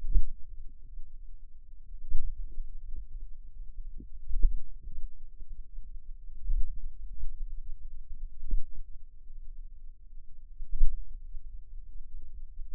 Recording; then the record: forearm muscle sounds (acoustic myography)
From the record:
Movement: finger pinch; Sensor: system 2, bracelet of six BSWA MPA416 microphones around the upper forearm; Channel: 1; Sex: female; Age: 22 years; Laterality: right